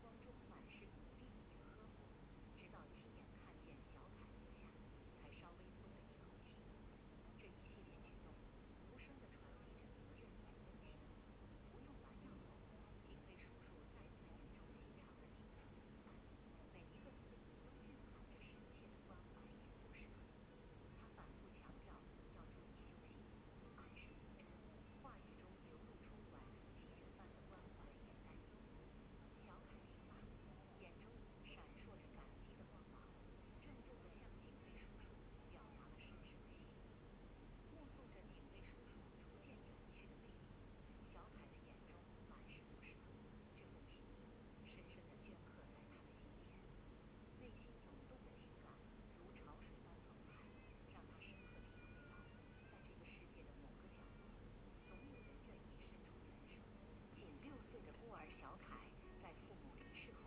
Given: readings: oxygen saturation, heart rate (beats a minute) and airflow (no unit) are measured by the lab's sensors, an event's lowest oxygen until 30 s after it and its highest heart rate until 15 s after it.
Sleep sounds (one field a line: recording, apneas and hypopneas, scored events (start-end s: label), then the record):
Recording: a person awake in a sleep study, by a voice recorder at the bedside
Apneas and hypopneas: none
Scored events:
0.00-60.27 s: awake
From the record:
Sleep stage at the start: awake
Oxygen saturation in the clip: 94 to 96%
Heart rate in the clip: 70 to 83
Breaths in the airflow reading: 15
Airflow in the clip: -4.8 to 5.9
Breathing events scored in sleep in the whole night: 131 in 7.2 hours asleep